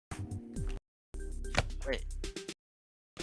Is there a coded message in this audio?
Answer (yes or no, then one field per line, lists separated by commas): no